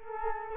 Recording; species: mosquito wingbeat signal from an infrared sensor; Culex quinquefasciatus